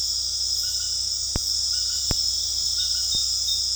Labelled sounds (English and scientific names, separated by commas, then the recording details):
none
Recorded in dense forest near Puerto Asís, Putumayo, Colombia, on 18 February 2024 at 21:30
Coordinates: 0.485, -76.322
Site G6406